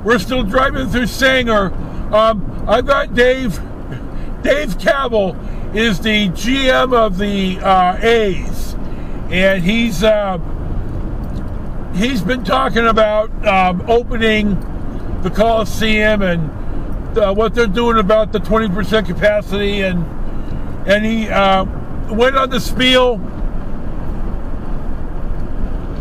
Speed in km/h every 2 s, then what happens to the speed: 61, 61, 61, 63, 61, 63, 63, 66, 68, 68, 68, 69, 71.
0-26 speeds up to 71.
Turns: none.